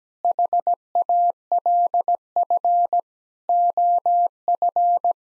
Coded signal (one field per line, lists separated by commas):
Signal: Morse code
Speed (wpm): 17 wpm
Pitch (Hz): 700 Hz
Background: none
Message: HALF OF